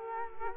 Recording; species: mosquito wingbeat signal from an infrared sensor; Culex quinquefasciatus